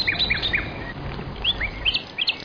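Small birds chirp in quick, high-pitched bursts, several short tweets tumbling over one another at an uneven rhythm above a low, steady rumble of background noise.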